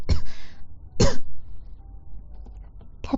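Three short, forceful coughs from an adult within about three seconds, separated by brief quiet gaps. The cough is constant and recurring, with a bad throat, and persists despite throat medicines taken beforehand: six tablets, watermelon frost and centipede pills.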